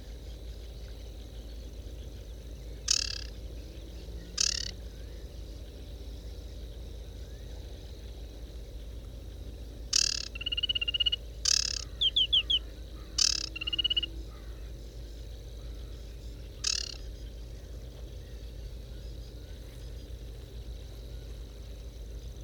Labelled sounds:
Aquatic Warbler song

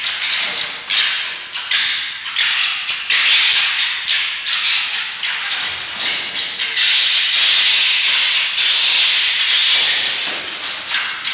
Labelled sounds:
Red Fox

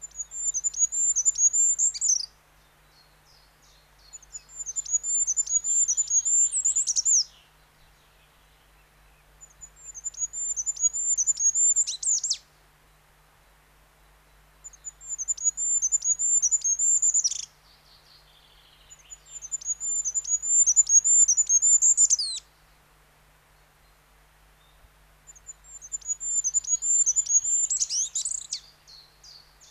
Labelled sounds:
Goldcrest song

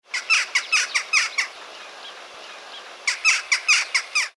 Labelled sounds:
Western Jackdaw

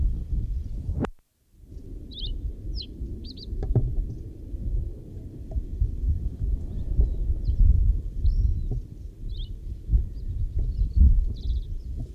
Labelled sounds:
Reed Bunting song

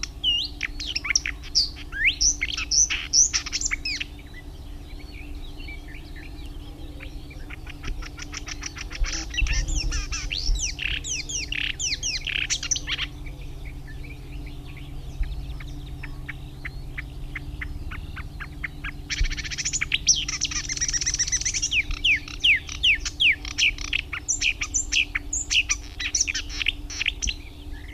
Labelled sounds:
Marsh Warbler song

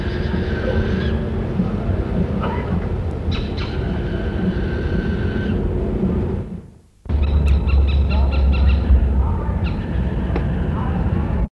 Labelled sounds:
Little Owl call

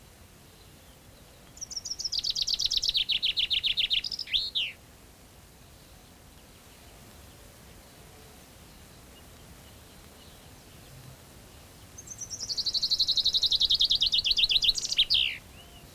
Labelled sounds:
Common Chaffinch song

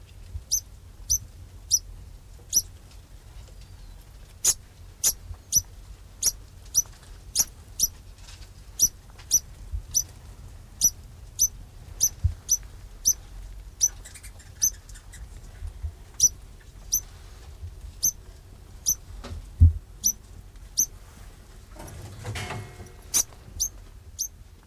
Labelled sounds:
Degu call

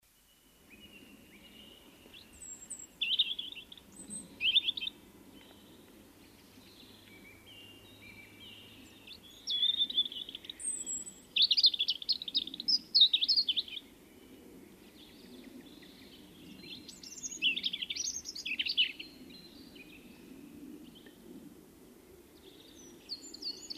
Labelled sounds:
European Robin song

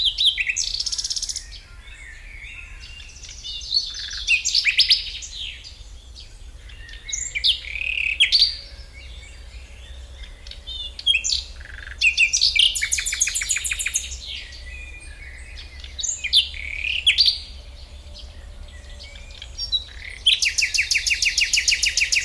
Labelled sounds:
Common Nightingale

